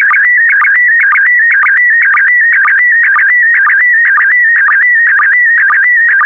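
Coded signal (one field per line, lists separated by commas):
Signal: SSTV (slow-scan television)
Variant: PD120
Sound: warbling tone with rapid regular chirps, about two sync blips per second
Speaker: Starting transmission in 5, 4, 3, 2, 1. Transmission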